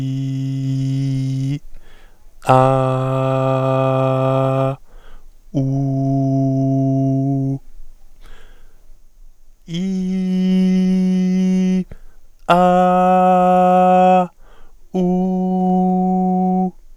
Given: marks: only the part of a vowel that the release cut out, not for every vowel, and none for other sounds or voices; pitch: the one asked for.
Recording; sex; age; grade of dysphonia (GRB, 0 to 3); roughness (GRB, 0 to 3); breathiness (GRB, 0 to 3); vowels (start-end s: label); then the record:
sustained vowels; male; 30 to 39 years; 0; 0; 0
0.00-1.46 s: vowel /i/, normal pitch
2.73-4.58 s: vowel /a/, normal pitch
5.72-7.38 s: vowel /u/, normal pitch
9.88-11.67 s: vowel /i/, high pitch
12.67-14.09 s: vowel /a/, high pitch
15.11-16.52 s: vowel /u/, high pitch
From the record:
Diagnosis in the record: healthy voice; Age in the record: 34 years